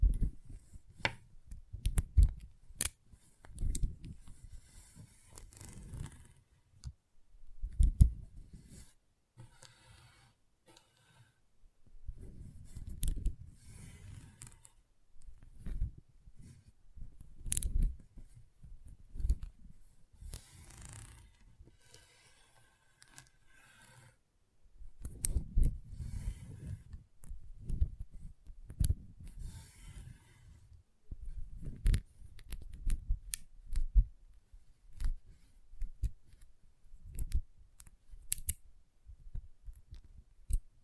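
Magnetic tingles: dense bursts of low, scraping clicks and creaks come in irregular clusters, with sharp bright snaps scattered throughout and brief pauses between.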